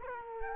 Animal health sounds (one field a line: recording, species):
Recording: mosquito wingbeat signal from an infrared sensor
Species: Culex quinquefasciatus